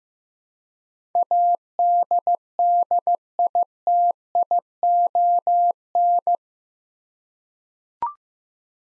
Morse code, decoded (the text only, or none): ADDITION